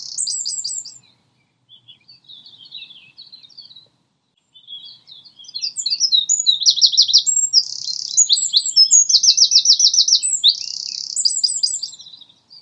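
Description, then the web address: Common nightingale song in phrases: a short loud phrase, then quiet scattered notes with pauses, then a loud run of varied chirps and rapid repeated trills lasting several seconds. Lodge Hill; more than one nightingale. "owen Lodge Hill nightingales"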